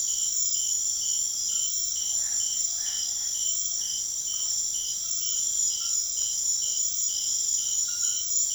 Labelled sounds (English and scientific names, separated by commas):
none